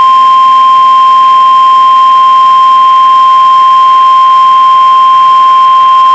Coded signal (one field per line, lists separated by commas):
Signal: Emergency Alert System (SAME) tones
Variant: 1050 Hz attention tone